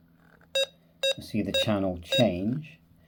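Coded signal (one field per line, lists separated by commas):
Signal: none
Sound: radio button press beeps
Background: speech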